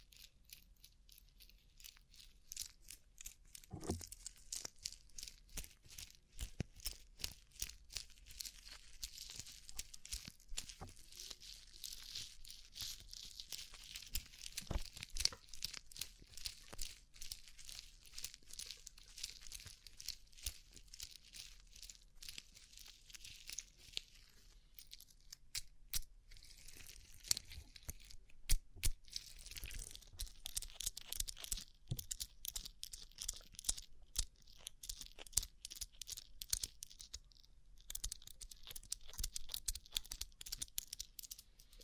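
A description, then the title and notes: Rhinestone-covered surface being tapped, producing dense, rapid, irregular clicks and crinkly scratching sounds that run throughout. The texture is bright and crisp, with a few louder taps standing out, such as near 4, 15 and 29 seconds, and no steady pauses. ASMR Rhinestone Covered Tapping 3Dio (No Talking).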